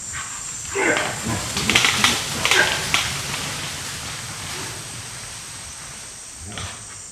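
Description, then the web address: White-lipped peccary giving a cluster of harsh, hissing grunts in the first three seconds, then near quiet with one last short rasp. South American rainforest mammal. "Natures Songs S America Mammals of the Rainforest White-lipped peccary"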